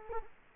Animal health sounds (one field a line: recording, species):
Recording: mosquito wingbeat signal from an infrared sensor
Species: Culex quinquefasciatus